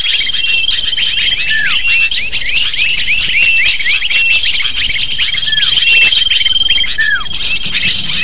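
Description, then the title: Dense lovebird chatter of high squeaky chirps, punctuated by several clear downslurred calls, with thin steady whistles through much of it. Lure recording (pikat) used to attract lovebirds. "PIKAT BURUNG LOVEBIRD"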